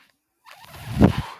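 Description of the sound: After a moment of silence, a low, rumbling whoosh swells for about a second, peaks, then eases with a short second pulse. This is a home mechanical ventilator delivering a breath, heard between spoken phrases.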